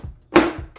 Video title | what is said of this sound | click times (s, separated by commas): IKARE Folding Pet Ramp Review and Demo - Worth Buying? | lock into place just like that | 0.4 s